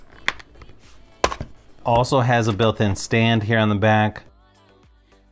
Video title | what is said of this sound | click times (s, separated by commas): iPad 10th Gen 10.9 (2022) - Best RUGGED Cases Available! | just work your way around the edges. Everything should snap right into place. | 0.3 s, 1.2 s